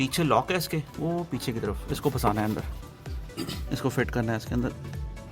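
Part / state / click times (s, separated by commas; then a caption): engine intake part into its locking clip at the throttle body / not seated / none. During throttle body reassembly on a Daihatsu Move, an engine intake part is handled and hooked into its locking clip at the back of the throttle body, ready to be pushed in. Someone talks throughout over background music. Nothing has seated or clicked yet.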